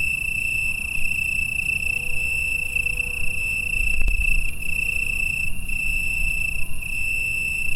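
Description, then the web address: A shrill, continuous cricket chorus with slight pulsing, a short click near the middle, and steady low-frequency background noise. Cricket chorus recorded in Italy on 6 September 2016 at 21:00. "pelouse 12 Grillons Italie 2016-09-06 21 h concerto"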